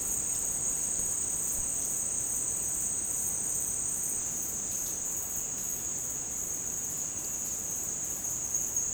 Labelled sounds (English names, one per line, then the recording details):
none
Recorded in secondary vegetation near Puerto Asís, Putumayo, Colombia, on 25 June 2025 at 15:30
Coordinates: 0.484, -76.319
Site G074